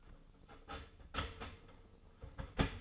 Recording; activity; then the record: daily activity, microphone in the room; start toaster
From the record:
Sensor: 4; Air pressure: 1010.0 hPa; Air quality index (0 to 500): 181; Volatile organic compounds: 5 ppm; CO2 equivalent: 1835 ppm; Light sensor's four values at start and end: 23/69/27/27 and 23/68/27/26